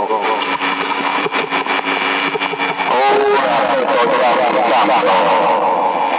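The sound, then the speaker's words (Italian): A CB radio transmission from an M300 radio carries a voice drenched in heavy echo, thin and band-limited, with smeared, garbled speech and a steady buzzy hum filling the whole stretch at constant loudness. “C'è anche troppo eco, mettilo più basso.”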